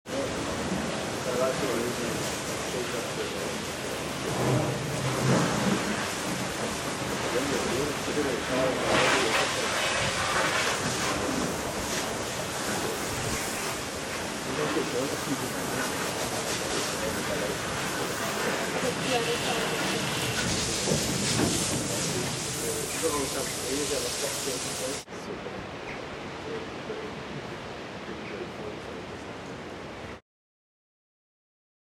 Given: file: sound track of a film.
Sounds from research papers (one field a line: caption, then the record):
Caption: There is occasional coughing.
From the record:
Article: Erratum to: ‘Clinical presentation, auscultation recordings, ultrasonographic findings and treatment response of 12 adult cattle with chronic suppurative pneumonia: case study’